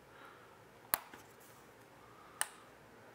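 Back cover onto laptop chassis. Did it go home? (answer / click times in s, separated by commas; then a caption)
yes / 0.9 s, 2.4 s. An aluminium MacBook Pro back cover is pressed down onto the laptop chassis with fingers at two areas. Two sharp clicks ring out at 0.9 s and 2.4 s as the clips snap home, with a faint tick just after the first. The cover is seated.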